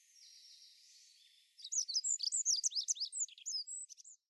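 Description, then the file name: Olive-backed pipit giving a quick, high-pitched twittering song of mixed buzzy and sharp notes. Recorded at Ashoro on 2 July 2008. "binzui asyoro kuroda"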